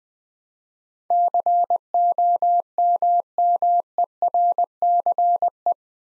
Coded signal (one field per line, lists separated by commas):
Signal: Morse code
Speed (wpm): 20 wpm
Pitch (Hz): 700 Hz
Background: none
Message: COMMERCE